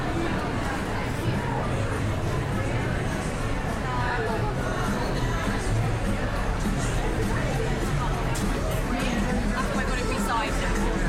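Crowds of shoppers and tourists talk all at once at Covent Garden at Christmas, a dense, unbroken babble of overlapping voices. The level stays steady throughout, with occasional brighter voices and short clicks or footsteps rising above the low, constant murmur.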